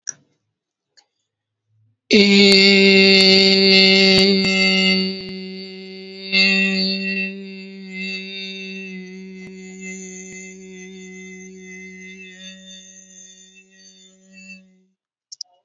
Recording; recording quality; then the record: sustained vowel as in made; excellent, no background noise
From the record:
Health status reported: healthy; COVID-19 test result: negative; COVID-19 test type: RT-PCR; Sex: male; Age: 27 years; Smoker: no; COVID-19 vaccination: both doses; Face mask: not worn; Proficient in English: yes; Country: India